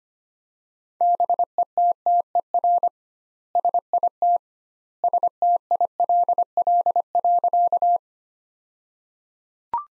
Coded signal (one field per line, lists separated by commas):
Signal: Morse code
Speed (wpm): 25 wpm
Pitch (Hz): 700 Hz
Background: none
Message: BETTER SIT STILL.